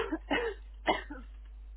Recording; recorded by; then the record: voluntary cough; telephone call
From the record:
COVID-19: negative